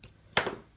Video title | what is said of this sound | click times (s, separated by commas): #102 - Save Money: Bobcat 7 Pin Connector Repair | it's not that yeah there we go you can feel it just kind of click into place and then the pin will just drop right out | 0.0 s, 0.4 s